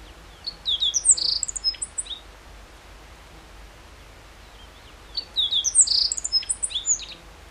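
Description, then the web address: Meadow bunting song: two rapid, high-pitched twittering phrases of mixed chirps and slides, repeated after a pause of about three seconds. Recorded 14 June 2012. "June 14 2012 E cioides KBGD"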